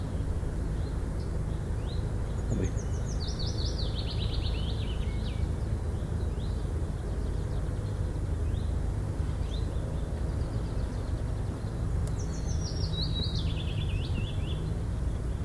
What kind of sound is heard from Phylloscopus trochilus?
song